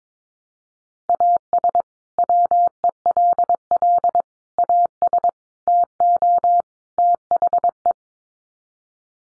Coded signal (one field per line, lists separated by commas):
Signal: Morse code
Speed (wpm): 22 wpm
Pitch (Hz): 700 Hz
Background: none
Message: AS WELL AS TO THE